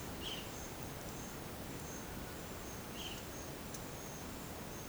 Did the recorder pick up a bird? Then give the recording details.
yes. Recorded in secondary vegetation near Puerto Asís, Putumayo, Colombia, on 30 June 2025 at 11:30. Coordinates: 0.500, -76.326. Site GP08